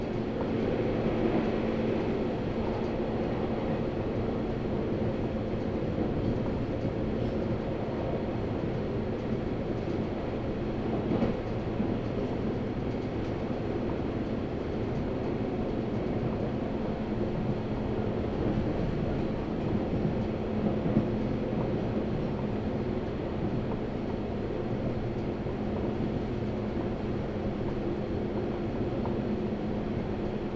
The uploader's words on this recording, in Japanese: 音の旅 佐世保線 有田→北方。普通列車鳥栖行きに乗車します。